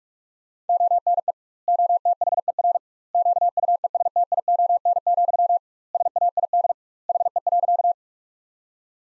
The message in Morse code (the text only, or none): ONE OTHER QUESTION, SAID HE.